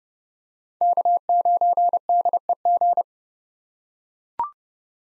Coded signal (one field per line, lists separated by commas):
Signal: Morse code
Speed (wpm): 29 wpm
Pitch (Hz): 700 Hz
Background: none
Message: K9DEG